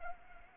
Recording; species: mosquito wingbeat signal from an infrared sensor; Anopheles arabiensis